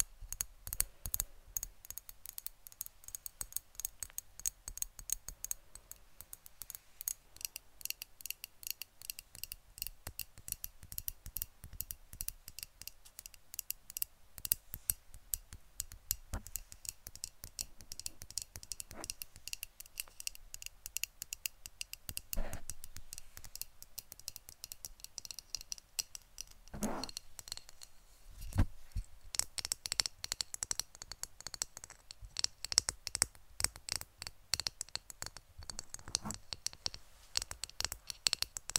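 Rapid, dense tapping runs through the whole clip with bright, crisp clicks in quick irregular bursts. Sharp snips and scratchy touches mix in, and a few louder taps stand out near 23, 27 and 29 seconds.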